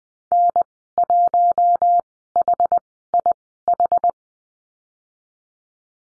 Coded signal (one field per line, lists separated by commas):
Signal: Morse code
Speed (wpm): 20 wpm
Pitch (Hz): 700 Hz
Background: none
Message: N1HIH